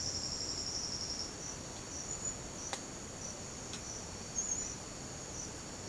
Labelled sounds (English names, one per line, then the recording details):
none
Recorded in secondary vegetation near Puerto Asís, Putumayo, Colombia, on 30 June 2025 at 08:00
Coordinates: 0.500, -76.326
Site GP08